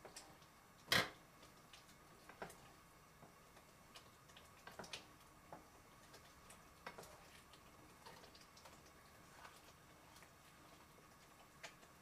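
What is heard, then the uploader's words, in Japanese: Cooking tomato sauce pasta: a sharp, loud knock near the first second, then scattered lighter clicks and taps of utensils and cupboards every second or two. A faint, steady hum runs underneath throughout. 環境音 トマトソースパスタの一部始終。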